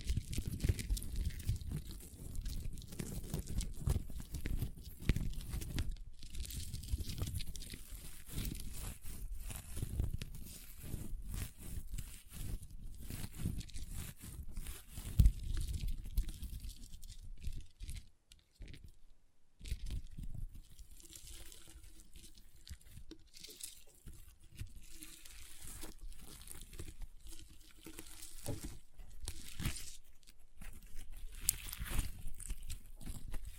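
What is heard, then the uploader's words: Crunchy slime is squeezed and worked, giving a dense run of crackling, crinkling pops that barely pause. The first fifteen seconds are heavier and fuller, then the crackle thins and briefly drops out near twenty seconds before resuming more lightly, with a faint steady tone underneath. ASMR Satisfying Crunchy Slime (No Talking).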